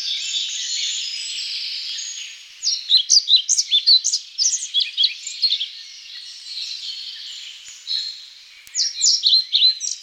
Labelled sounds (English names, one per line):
European Pied Flycatcher song